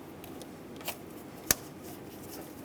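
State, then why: Seated. The plastic position-lock slide on the coolant temperature sensor connector of a 2003-2009 Dodge Ram 2500 5.7L V8 had popped out and is pushed back in by hand. Faint handling sounds and a small tick near 0.9 s lead up to a single sharp snap at 1.5 s. The lock tab slides home and is seated.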